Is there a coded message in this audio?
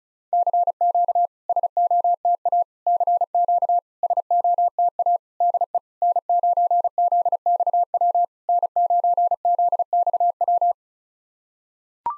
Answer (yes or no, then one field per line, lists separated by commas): yes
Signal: Morse code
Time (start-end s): 0.3-10.7 s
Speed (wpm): 36 wpm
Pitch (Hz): 700 Hz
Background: none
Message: CQ SOTA CQ SOTA DE N9ZXW N9ZXW